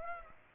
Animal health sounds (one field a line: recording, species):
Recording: mosquito wingbeat signal from an infrared sensor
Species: Aedes aegypti